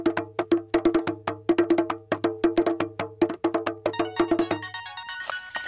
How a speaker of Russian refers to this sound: Женя стучит по барабану.